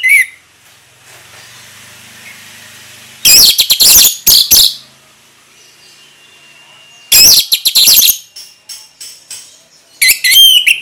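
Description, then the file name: Orange-headed thrush song: several loud bursts of high, dense chattering notes separated by pauses. Sung in the ngeplong style, described as gacor. "anis merah gacor ngeplong"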